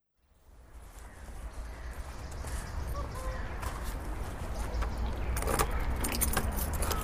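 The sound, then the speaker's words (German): People climbing into a small car: keys jangle, clothing rustles and seats creak, with sharp clicks and thumps over a steady low rumble that grows slightly louder. “hättest du nicht mal einen größeren Wagen nehmen können? Das ist ja echt mini.”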